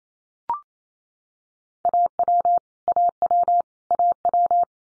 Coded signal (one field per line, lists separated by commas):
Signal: Morse code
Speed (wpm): 28 wpm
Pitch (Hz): 700 Hz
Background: none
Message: AW AW AW